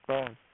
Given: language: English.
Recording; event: throat vibration sensor signal played as sound; speech